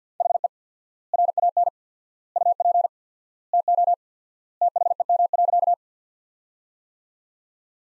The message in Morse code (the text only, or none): HE RAN UP TO THEM.